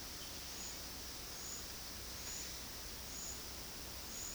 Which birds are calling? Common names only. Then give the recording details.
none. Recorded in dense forest near Puerto Asís, Putumayo, Colombia, on 21 February 2024 at 12:00. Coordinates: 0.481, -76.318. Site G6421